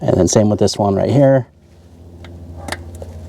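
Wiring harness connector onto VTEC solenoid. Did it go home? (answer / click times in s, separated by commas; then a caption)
yes / 2.7 s. On a 2003–2007 Honda Accord, the second wiring harness electrical connector is pushed onto the VTEC solenoid during a solenoid gasket and filter screen replacement. Someone talks for the first 1.4 seconds, then low background hum and small handling sounds follow. A sharp click at 2.7 s marks the connector seating firmly.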